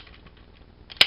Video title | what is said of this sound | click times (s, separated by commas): Switch & Go Dinos - Tonn the Stegosaurus Toy Review - CollectionDX | do not ratchet but they will snap into place there's a little bubble things in there so like | 1.0 s